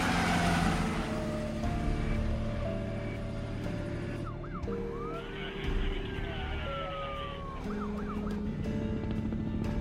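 Police sirens wail in rising and falling sweeps over a steady, heavy rumble of vehicles driving along a highway, the siren tones entering partway through and continuing to the end.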